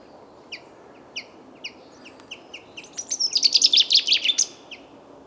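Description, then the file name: Common chaffinch giving several sharp call notes, then a fast bright song phrase of trilled notes, and one more call note. "Fringilla coelebs"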